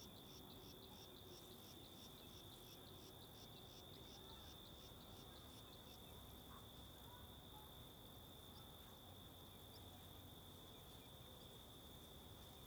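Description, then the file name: Crickets trilling, a steady high continuous tone with a pulsed chirping layer above it in the first half, over constant low wind rumble. Several crickets at a lookout in Alto Paraíso, with wind. "Ambiencia no Mirante da Antena de Alto Paraiso com Varios Grilos e Vento"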